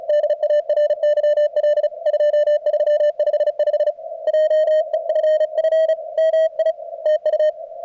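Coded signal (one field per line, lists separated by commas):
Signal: Morse code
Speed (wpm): 36 wpm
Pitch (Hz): 620 Hz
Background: radio noise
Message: DARYL 2355 JEFF MI TU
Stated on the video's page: CWops CWT contest session on 40 meters, band in great shape.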